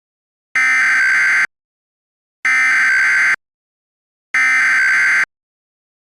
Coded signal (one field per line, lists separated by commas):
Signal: Emergency Alert System (SAME) tones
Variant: header bursts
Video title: simulacion EAS - alerta de tormenta severa pra Pennsylvania y New Jersey